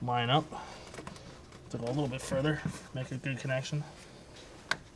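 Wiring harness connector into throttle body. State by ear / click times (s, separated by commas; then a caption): seated / 4.7 s. A wiring harness electrical connector is pushed onto the throttle body of a BMW during a PCV replacement while someone talks. A small, sharp click at 4.7 s shows the connector is fully seated and secured.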